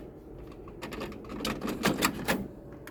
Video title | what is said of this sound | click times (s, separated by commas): HP T2600 ink head error/replacement | Make sure it clicks. | 1.9 s, 2.1 s